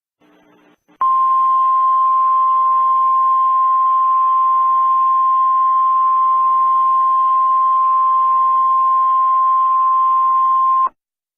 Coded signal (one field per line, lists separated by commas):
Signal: Emergency Alert System (SAME) tones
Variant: 1050 Hz attention tone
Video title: IT (pennywise) EAS mini scenario- Terror in Dairy Maine